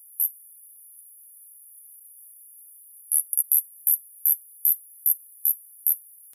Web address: cicada sp NZ species nz sp Norfolk Jan 2003